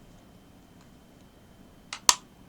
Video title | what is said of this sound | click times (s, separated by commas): Transforming "Eastern Exotica" Review #50: Tobot Evolution Y | there you go you hear that little click and it all pegs this bit of back now | 2.1 s